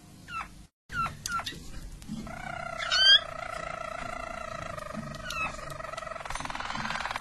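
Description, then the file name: Harz Roller canary singing: a few sharp upslurred whistled notes, then a long, even, sustained rolling tone held for several seconds, turning buzzier at the close. Belgian Harz Roller canary (canário belga) song. "canto do canario belga harz roller"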